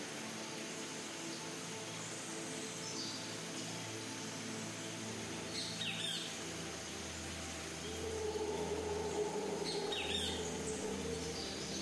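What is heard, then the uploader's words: Birds call now and then over a steady, dense rainforest bed with soft sustained tones underneath. Bright chirps stand out near three, six and ten seconds, and a low rumble swells in after five seconds and grows louder from about eight seconds. Serene rainforest soundscapes and ambient music.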